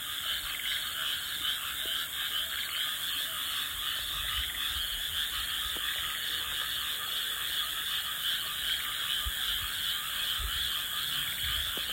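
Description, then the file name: Continuous frog chorus, rapid pulsing croaks from numerous callers blending into a dense trill, with a steady hiss and a few soft low bumps. "kaeru"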